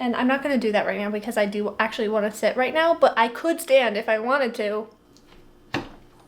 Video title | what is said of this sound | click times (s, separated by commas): Finishing my Crochet Mushroom Blanket! 🍄 - crochet with me! | there and then it snaps back in it's so nice it's so cool so | 5.7 s